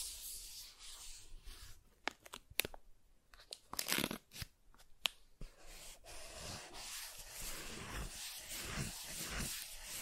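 Soft tracing across smooth and rough surfaces, a dry, papery rustle that comes and goes in strokes. Sharp ticks and scrapes land around two, two and a half, four and five seconds, and the last half turns into a steadier, brighter brushing.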